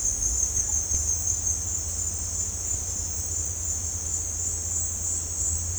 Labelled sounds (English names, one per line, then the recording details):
none
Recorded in dense forest near Puerto Asís, Putumayo, Colombia, on 20 December 2024 at 17:30
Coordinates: 0.466, -76.327
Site G075